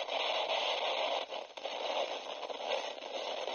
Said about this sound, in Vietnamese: Tín hiệu đối phương tự hồ như không tốt lắm, qua vài giây vẫn không có động tĩnh, chỉ có âm thanh sóng lưu bị quấy nhiễu.